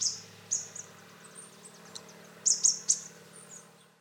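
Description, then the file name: Marsh tit giving a few high, thin, clipped notes, a brief burst at the start and three sharp calls near the end. "Poecile palustris"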